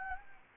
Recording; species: mosquito wingbeat signal from an infrared sensor; Anopheles gambiae